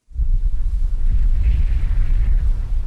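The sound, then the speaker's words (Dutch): Blustery wind roars steadily outdoors in Middelburg, a deep buffeting rumble against the microphone with a faint hiss of rain above it, continuous for the full three seconds and no voices. “Niet echt weer voor Sinterklaas inkopen. Het regent, het waait.”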